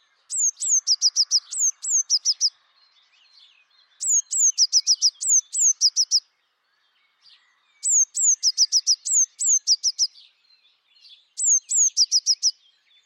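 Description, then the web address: Bird calling in bursts of high, thin whistled notes. Each burst opens with a few slurred notes and ends in a rapid string of sharp chips, repeated about every four seconds. "Deverinetal 2025. Bird Only"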